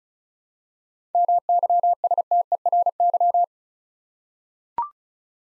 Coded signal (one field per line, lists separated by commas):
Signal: Morse code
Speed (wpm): 36 wpm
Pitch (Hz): 700 Hz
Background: none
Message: MYSTERY